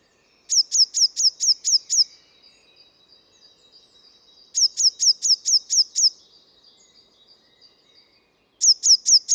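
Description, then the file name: Eurasian blue tit calling in rapid bursts of several high, thin, falling notes, with quiet buzzy twitter between the bursts. "Cyanistes caeruleus"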